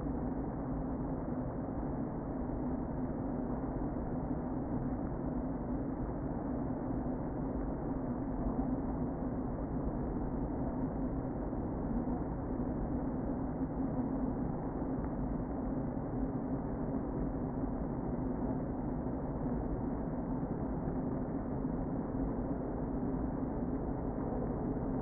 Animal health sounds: honeybee colony, microphone inside the hive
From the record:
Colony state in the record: queen present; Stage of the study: before two queens were removed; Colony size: about 60,000 bees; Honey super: yes

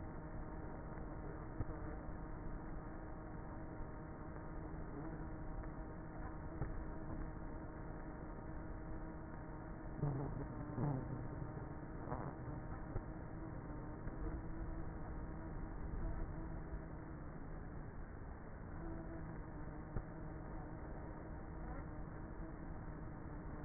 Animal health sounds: honeybee colony, microphone inside the hive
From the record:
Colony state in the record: queenless with a low population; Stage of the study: before two queens were removed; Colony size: about 30,000 bees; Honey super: no

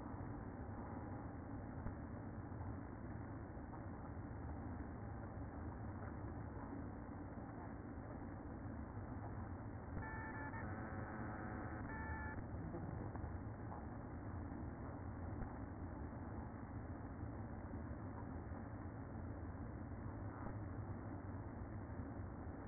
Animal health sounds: honeybee colony, microphone inside the hive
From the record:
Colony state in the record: queen present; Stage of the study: after two queens were removed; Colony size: about 60,000 bees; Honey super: yes

